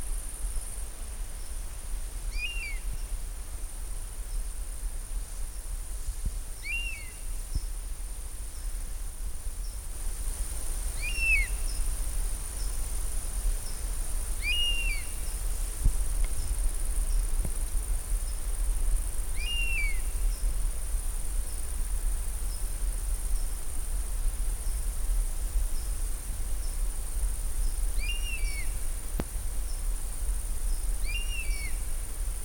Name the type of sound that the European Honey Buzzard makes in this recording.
call